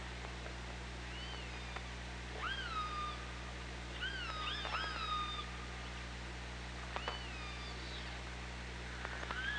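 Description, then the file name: Killer whale calls: several rising-then-falling tonal calls, some overlapping, with scattered clicks over a steady low hum. OrcaLab hydrophone, 24 August 2017, 15:51. "Orca Lab UTLN JASON 20170824 155132"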